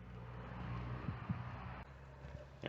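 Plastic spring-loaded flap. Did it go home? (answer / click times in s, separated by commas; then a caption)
released / 2.7 s. Over a steady low hum and broadband noise, a Kia Picanto's fuel filler flap is released from its car body latch and springs open with a short, sharp pop at 2.7 s. The background level drops slightly at about 1.8 s, and the flap ends up open.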